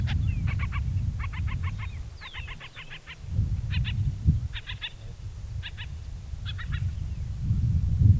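Noble snipe calling in short bursts of several rapid, clicky notes, repeated throughout over a steady low rumble.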